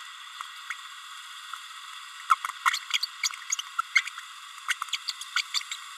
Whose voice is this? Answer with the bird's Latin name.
Forpus passerinus